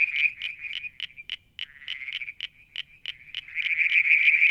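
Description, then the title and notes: Frogs giving short high pulsed notes repeated about three times a second, then a denser continuous trill swelling in over the final second. Evening near a water tank at Mount Wilson, New South Wales, Australia, July 2022. "Frog song, Mount Wilson, New South Wales, Australia in July 2022 – by Alexander Moffatt. Limnodynastes Peronii, Litoria Verreauxii and a mystery frog one evening near the water tank"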